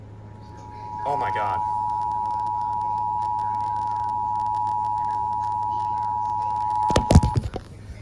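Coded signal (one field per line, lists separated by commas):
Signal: Emergency Alert System (SAME) tones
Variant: 853 and 960 Hz attention tone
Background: speech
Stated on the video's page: Law enforcement warning update about a hazardous materials situation, relayed on WVUD-FM and WDPN-DT1.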